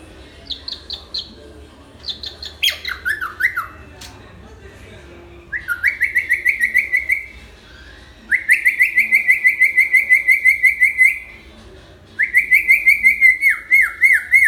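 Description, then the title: Hill myna song opening with high thin notes and a tumbling descending phrase, then three long rapid trills of repeated rising notes. Actively singing (gacor) hill myna; tutor (masteran) recording for training other birds. "Suara Burung Beo Gacor Cocok Untuk Masteran"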